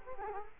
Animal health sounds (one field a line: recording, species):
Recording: mosquito wingbeat signal from an infrared sensor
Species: Culex quinquefasciatus